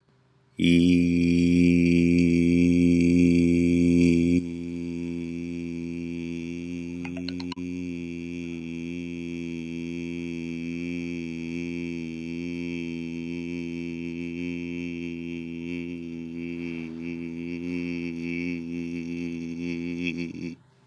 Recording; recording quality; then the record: sustained vowel as in beet; excellent, no background noise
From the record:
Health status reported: recovered from COVID-19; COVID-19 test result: negative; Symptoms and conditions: none ticked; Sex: male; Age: 26 years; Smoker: not ticked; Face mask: not worn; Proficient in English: yes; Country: India